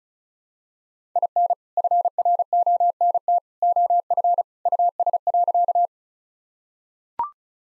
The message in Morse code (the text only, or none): IN FRONT OF US.